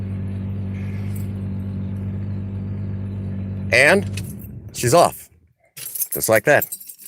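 A 45-year-old car idles steadily, then shuts off at about 3.8 seconds while someone talks. The steering wheel is turned toward engaging the steering column lock on the steering wheel shaft, but nothing has clicked or locked into place yet.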